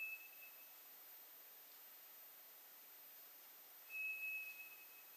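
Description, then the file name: White's thrush song: two long, flat, thin whistles, one cut off at the start and another about four seconds later, over gentle hiss. Recorded 2 July 2007. "toratugumi 20070702"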